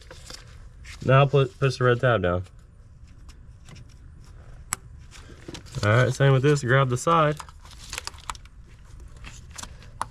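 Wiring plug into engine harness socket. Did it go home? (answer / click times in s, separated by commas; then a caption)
yes / 10.0 s. Someone talks while a plastic wiring plug on a 2012 Chrysler 300 3.6L V6 Pentastar engine is grabbed by the side and pushed into its engine harness socket. Light crinkling and small ticks follow, and a quiet click at 10.0 s confirms the connector has seated.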